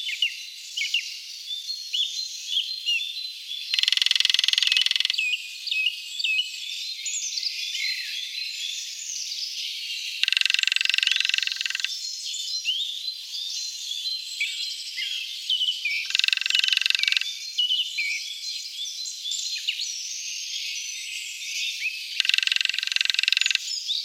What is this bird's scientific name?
Dendrocopos minor